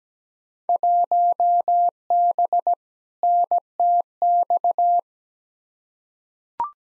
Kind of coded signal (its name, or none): Morse code